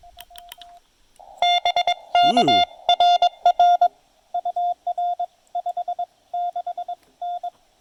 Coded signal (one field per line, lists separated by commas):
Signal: Morse code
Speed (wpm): 22 wpm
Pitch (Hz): 700 Hz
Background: none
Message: BK RR UR 56N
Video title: The Chameleon CHA LEFS prevails during horrible propagation at this QRP POTA activation!